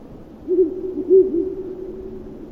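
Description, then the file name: Ural owl uttering a short series of low, muffled hoots in quick succession, each note brief and soft. "viirupollo hallikainen"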